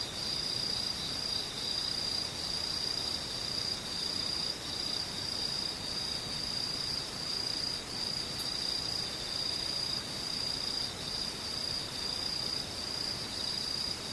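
Insects buzz in a continuous high, thin trill that holds one steady pitch for the full fourteen seconds, pulsing slightly but never stopping. Underneath runs a soft, even hiss of low rumbling noise, with a brief faint tick near eight seconds.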